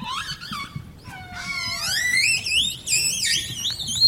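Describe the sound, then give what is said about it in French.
Orca whistles: a run of high, rising and falling tonal squeals, layered and overlapping, with a few brief clicks among them over a low, steady rumble. No one speaks. “Là, on a les sifflements des orques. On a aussi des clics et des buzz qui sont un peu différents.”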